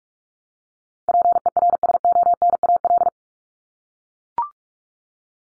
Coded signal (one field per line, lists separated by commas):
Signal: Morse code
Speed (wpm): 44 wpm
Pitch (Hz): 700 Hz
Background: none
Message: PERSONAL